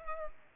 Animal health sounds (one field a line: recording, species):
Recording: mosquito wingbeat signal from an infrared sensor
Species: Culex pipiens